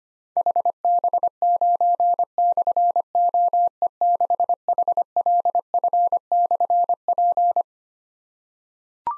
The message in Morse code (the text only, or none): HB9/OE6HLF/P